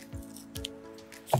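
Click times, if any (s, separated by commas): none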